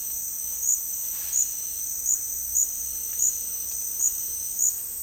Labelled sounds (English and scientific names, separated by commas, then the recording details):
none
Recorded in dense forest near Puerto Asís, Putumayo, Colombia, on 20 February 2024 at 08:30
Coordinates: 0.485, -76.318
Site G6408